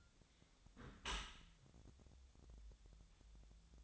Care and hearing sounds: daily activity, microphone in the room; close dishwasher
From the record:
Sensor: 3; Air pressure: 1006.8 hPa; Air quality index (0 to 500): 205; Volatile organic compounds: 18 ppm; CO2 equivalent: 2624 ppm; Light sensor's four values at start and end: 11/25/10/10 and 11/25/10/10

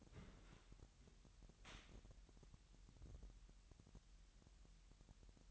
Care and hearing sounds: daily activity, microphone in the room; open dishwasher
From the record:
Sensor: 3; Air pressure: 998.3 hPa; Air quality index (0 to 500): 147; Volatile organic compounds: 5 ppm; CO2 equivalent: 1758 ppm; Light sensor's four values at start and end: 14/42/17/16 and 15/42/17/16

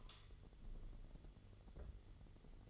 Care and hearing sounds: daily activity, microphone in the room; light on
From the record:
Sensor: 4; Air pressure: 1008.7 hPa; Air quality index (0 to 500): 99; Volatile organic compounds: 1 ppm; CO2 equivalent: 743 ppm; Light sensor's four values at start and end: 11/25/10/9 and 12/28/11/10

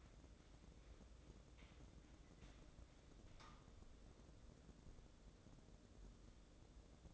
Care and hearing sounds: daily activity, microphone in the room; wipe stove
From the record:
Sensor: 3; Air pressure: 1012.3 hPa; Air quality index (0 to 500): 172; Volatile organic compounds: 2 ppm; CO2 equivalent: 1314 ppm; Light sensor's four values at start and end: 588/1459/602/614 and 583/1446/597/608

